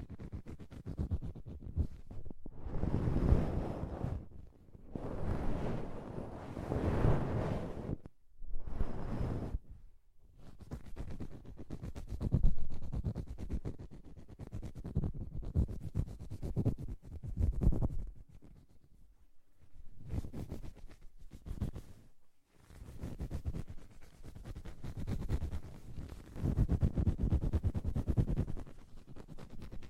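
Deep ear cleaning sounds: dense, muffled rubbing and scratching with a crackly, rustling texture and a strong low rumble. The scraping comes in long strokes of a few seconds, separated by brief silent gaps, with a short pause near the twenty-second mark.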